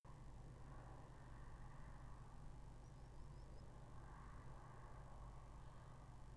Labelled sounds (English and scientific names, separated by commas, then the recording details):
Common Sandpiper (Actitis hypoleucos)
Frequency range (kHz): Common Sandpiper (Actitis hypoleucos) 4.5-5.9 kHz
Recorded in France